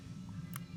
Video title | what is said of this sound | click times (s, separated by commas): How to remove a security alarm from a bottle | there you can hear it click | 0.6 s